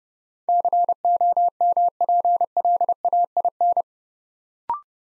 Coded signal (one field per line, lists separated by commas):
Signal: Morse code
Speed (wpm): 30 wpm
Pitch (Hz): 700 Hz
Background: none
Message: COMPLAIN